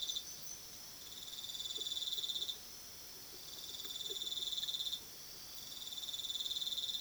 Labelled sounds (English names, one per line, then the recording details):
none
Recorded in pastures near Puerto Asís, Putumayo, Colombia, on 19 February 2024 at 04:00
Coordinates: 0.497, -76.327
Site G7276